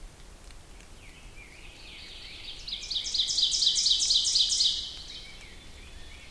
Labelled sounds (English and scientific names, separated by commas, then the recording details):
Ovenbird (Seiurus aurocapilla) song
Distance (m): 20 m
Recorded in boreal forest in Alberta, Canada, on 2 June 2016 at 07:00
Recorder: SongMeter 3, array SBT-3-7
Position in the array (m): 45 m, 157 m
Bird 4